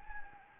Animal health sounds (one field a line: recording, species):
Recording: mosquito wingbeat signal from an infrared sensor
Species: Anopheles gambiae